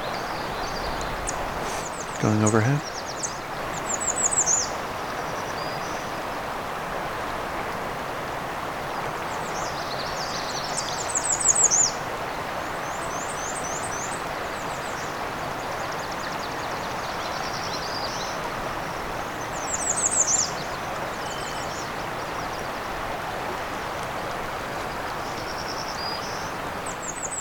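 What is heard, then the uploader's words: Migrant songbirds along Crane River give high, quick chirping phrases every few seconds over a steady rushing hiss, with a brief low thump near three seconds. It’s been an hour and a half since I started listening and watching the migrant songbirds along Crane River, and the peak of activity has yet to arrive.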